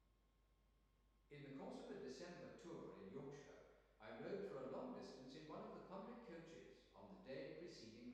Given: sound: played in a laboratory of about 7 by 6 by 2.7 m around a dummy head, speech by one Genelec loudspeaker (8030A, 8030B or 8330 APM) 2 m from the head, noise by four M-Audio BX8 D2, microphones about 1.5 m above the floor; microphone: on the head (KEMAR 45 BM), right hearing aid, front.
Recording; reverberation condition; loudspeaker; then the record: male speech in English; high; 90 degrees to the left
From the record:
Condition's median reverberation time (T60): about 1300 ms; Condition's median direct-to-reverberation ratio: about -4.0 dB